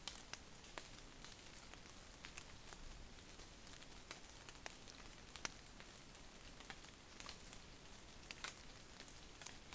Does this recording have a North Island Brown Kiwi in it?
no